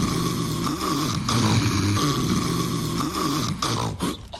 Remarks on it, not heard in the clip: Snoring is not just noise. It could be sleep apnea, a dangerous condition where your body stops breathing and your brain and heart are being deprived of oxygen night after night.